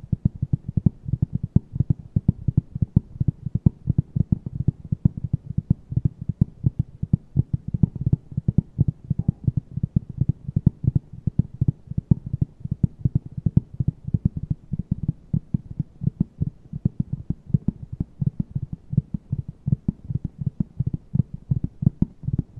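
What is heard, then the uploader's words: Fast tapping runs without a break for the whole stretch, a rapid, fairly even patter of soft, dull taps. The hits are low and muffled, with little brightness, and each one thumps rather than clicks. Nothing else is heard underneath. ASMR TAPPING NO TALKING, ASMR TAPPING FAST, ASMR TAPPING AGRESSIVE, ASMR TAPPING AROUND.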